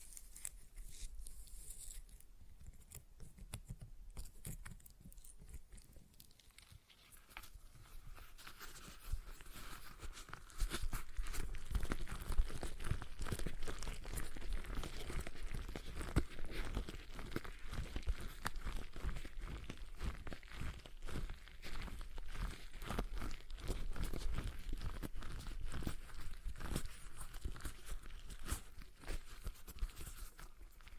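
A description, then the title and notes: A stress ball is squeezed repeatedly, making dense crinkling and squishing sounds that start sparse and quiet, then grow louder and busier after ten seconds. ASMR Relaxing Stress Ball Sounds (No Talking).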